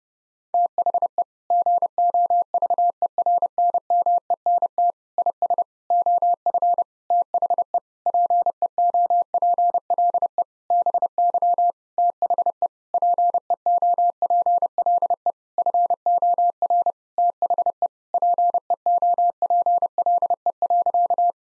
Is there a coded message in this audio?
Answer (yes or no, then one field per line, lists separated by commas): yes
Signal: Morse code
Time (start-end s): 0.5-21.3 s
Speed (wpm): 30 wpm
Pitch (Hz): 700 Hz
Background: none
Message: THE GOVERNMENT IS OF THE PEOPLE BY THE PEOPLE FOR THE PEOPLE.